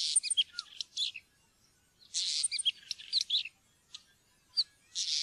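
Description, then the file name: Northern wheatear song: scratchy, high chattering bursts of buzzy chirps and brief whistles, delivered in dense phrases separated by short pauses. "steinskvett"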